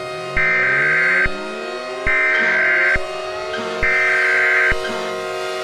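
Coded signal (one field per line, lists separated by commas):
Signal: Emergency Alert System (SAME) tones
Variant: header bursts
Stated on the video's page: Fan-made EAS scenario, a mock alert.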